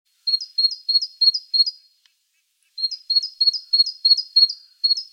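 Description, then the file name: Great tit song: clear, high two-note phrases repeated about three times a second in two bursts with a silent gap between them. "Parus major"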